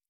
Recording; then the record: hydrophone in a shrimp aquaculture tank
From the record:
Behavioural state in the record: normal